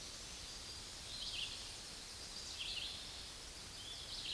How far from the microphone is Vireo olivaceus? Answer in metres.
about 35 m